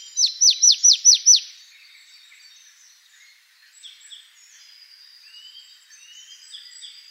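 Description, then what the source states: Marsh tit producing one brisk burst of six sharp downward notes, followed by faint thin whistles and soft high twitters. Recorded 28 November 2013.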